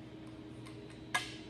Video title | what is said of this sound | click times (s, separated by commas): Making custom billet 3 piece wheels from scratch : 1 of 1 CNC machined wheels from START to FINISH | It's going to pop into place | 1.2 s